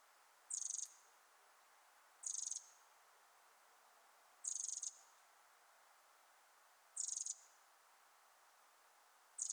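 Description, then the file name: Eurasian wren calling with very high, dry ticking rattles, each burst about a third of a second, repeated roughly every two seconds over a quiet, hissy background. "Troglodytes troglodytes"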